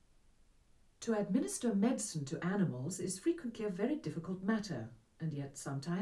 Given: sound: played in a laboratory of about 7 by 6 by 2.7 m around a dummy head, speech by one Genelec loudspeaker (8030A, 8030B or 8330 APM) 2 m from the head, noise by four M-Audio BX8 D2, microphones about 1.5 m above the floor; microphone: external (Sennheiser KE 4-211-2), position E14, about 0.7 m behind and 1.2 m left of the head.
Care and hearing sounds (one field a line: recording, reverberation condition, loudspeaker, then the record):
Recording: female speech in English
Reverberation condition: low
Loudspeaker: 90 degrees to the right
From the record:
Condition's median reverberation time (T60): about 310 ms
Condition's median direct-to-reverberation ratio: about 3.5 dB